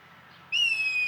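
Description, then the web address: Red kite whistle, a single clear high note held steady and slightly falling, cut short after about half a second. "sound Red-kite. صدای-پرنده-کورکور-حنایی"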